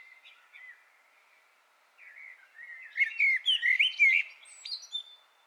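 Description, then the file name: Common blackbird: a few soft warbled notes at first, then a burst of quick, squeaky high twitters and chirps. "Turdus merula"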